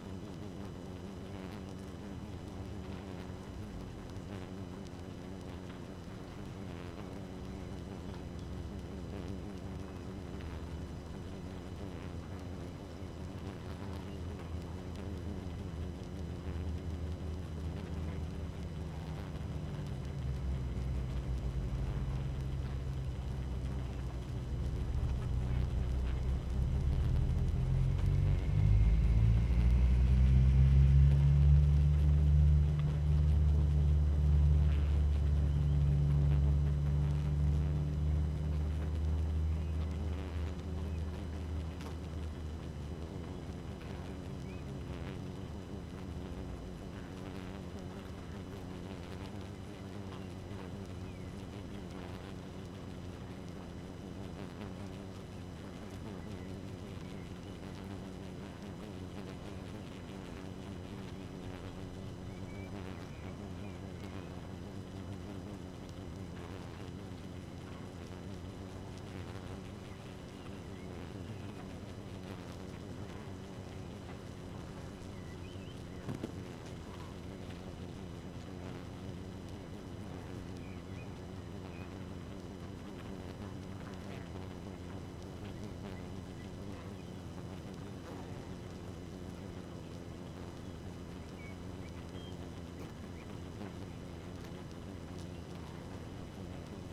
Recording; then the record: honeybee colony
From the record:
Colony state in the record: active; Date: 12 June 2018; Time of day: 2:50